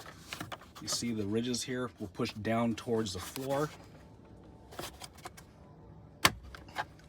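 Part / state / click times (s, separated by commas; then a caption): glove box check strap on glove box door peg / released / 6.2 s. On a 2025 Honda Pilot, during a cabin air filter replacement, the glove box check strap (damper) is pushed down toward the floor while someone talks, with faint handling sounds around it. A sharp click at 6.3 s marks the strap unhooking from its peg on the plastic glove box door, releasing it.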